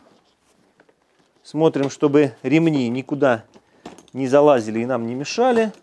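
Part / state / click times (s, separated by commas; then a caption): motorcycle seat into its frame latch / not seated / none. A Kawasaki ER-6n motorcycle seat is handled over its frame latch, with a strapped-on travel bag in position, and a few faint ticks sound near the start before someone talks for the rest of the clip. The seat has not yet been pressed down and nothing has seated or clicked yet.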